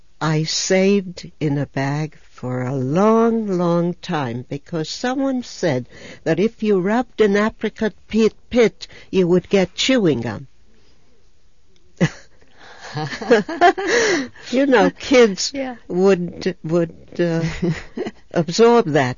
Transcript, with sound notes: I saved in a bag for a long, long time because someone said that if you rubbed an apricot pit you would get chewing gum. ( they laugh ) You know, kids would absorb that.